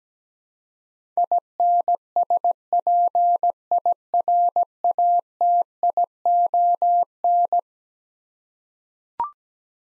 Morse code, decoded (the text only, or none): INSPIRATION